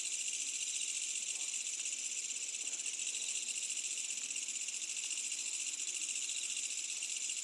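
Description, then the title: Insect chorus of steady, shrill trilling throughout, with a few faint lower sounds in the background. Medium-density insect ambience on a summer night with a village in the distance. "GameAudioGDC. AMBIENCE Insects Medium Night Summer Distant Village"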